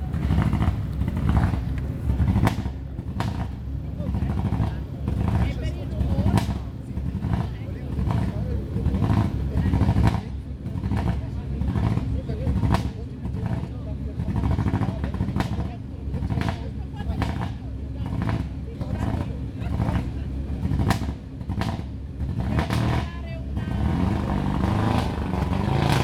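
Cars start and idle in a small square, a steady low engine rumble with frequent sharp clicks and knocks, and voices underneath.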